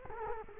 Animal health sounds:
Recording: mosquito wingbeat signal from an infrared sensor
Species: Culex quinquefasciatus

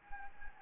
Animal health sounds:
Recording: mosquito wingbeat signal from an infrared sensor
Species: Anopheles gambiae

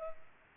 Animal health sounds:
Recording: mosquito wingbeat signal from an infrared sensor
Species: Culex pipiens

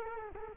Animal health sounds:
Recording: mosquito wingbeat signal from an infrared sensor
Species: Culex quinquefasciatus

